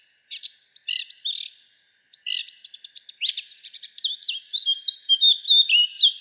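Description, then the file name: Eurasian blackcap song: two bursts of rich, varied warbling, a pause, then a longer run of fast scratchy notes and clear whistles. "Sylvia atricapilla"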